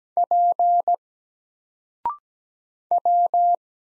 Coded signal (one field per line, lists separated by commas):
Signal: Morse code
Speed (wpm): 17 wpm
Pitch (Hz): 700 Hz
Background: none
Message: P W